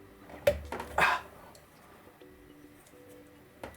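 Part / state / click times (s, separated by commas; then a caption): solar panel DC connector into mating connector / seated / 0.5 s. A male/female solar DC connector pair on a panel lead is pushed together into its mating connector and seats with a latch sound at 0.5 s, heard as a dull boom more than a crisp click. Several fainter knocks follow at about 0.7 and 1.0 s, then a quiet stretch with a low steady tone and another short tap near 3.6 s.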